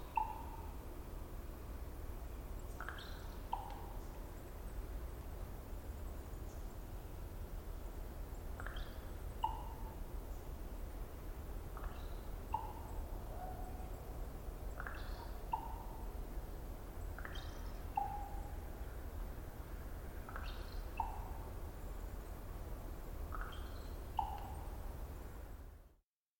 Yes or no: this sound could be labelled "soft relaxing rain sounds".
no